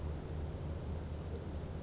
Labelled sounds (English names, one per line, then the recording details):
Western Flycatcher
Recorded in Sonoma County, California